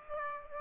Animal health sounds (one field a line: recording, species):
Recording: mosquito wingbeat signal from an infrared sensor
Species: Aedes aegypti